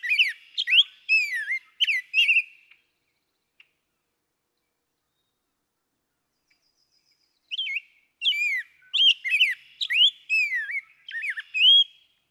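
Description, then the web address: Rose-breasted Grosbeak song in two bouts of rolling whistled phrases, swooping up and down, separated by several seconds of quiet. "birdsongforthecurious songs Rose-breasted Grosbeak"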